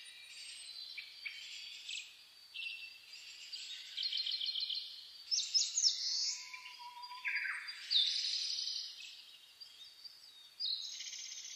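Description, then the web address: Birds in a dawn chorus, several high, overlapping songs of rapid trills, chirps and whistles, with a lower whistled note near the middle. Dawn chorus (reimei) recorded 10 May 2010. "reimei -saezuri-20100510"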